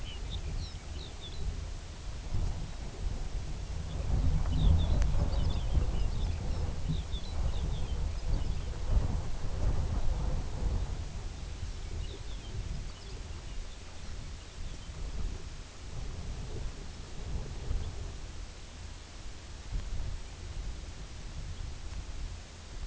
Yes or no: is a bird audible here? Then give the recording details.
yes. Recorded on Arctic tundra, site UTQI-2, on 14 June 2019. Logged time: 18:00